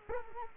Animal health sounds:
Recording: mosquito wingbeat signal from an infrared sensor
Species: Culex quinquefasciatus

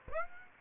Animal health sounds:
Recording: mosquito wingbeat signal from an infrared sensor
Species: Aedes aegypti

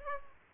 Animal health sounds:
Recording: mosquito wingbeat signal from an infrared sensor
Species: Culex pipiens

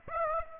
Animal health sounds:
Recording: mosquito wingbeat signal from an infrared sensor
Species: Aedes aegypti

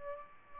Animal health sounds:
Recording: mosquito wingbeat signal from an infrared sensor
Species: Aedes albopictus

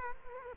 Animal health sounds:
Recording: mosquito wingbeat signal from an infrared sensor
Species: Culex quinquefasciatus

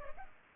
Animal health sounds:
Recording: mosquito wingbeat signal from an infrared sensor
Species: Culex pipiens

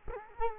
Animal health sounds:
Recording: mosquito wingbeat signal from an infrared sensor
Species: Culex quinquefasciatus

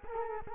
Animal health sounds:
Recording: mosquito wingbeat signal from an infrared sensor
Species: Culex quinquefasciatus

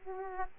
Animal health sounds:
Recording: mosquito wingbeat signal from an infrared sensor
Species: Aedes aegypti

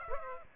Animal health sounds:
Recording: mosquito wingbeat signal from an infrared sensor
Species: Aedes aegypti

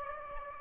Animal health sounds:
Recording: mosquito wingbeat signal from an infrared sensor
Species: Aedes aegypti

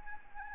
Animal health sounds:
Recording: mosquito wingbeat signal from an infrared sensor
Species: Anopheles gambiae

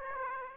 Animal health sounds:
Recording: mosquito wingbeat signal from an infrared sensor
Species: Aedes aegypti

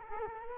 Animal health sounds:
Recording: mosquito wingbeat signal from an infrared sensor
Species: Culex quinquefasciatus

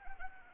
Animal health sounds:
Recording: mosquito wingbeat signal from an infrared sensor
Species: Anopheles arabiensis

